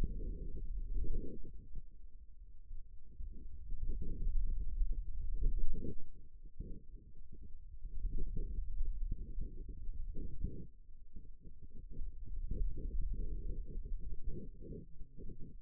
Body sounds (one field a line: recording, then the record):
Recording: forearm muscle sounds (acoustic myography)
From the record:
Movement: pen grasping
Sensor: system 2, bracelet of six BSWA MPA416 microphones around the upper forearm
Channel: 3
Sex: male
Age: 22 years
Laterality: right